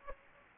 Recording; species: mosquito wingbeat signal from an infrared sensor; Aedes aegypti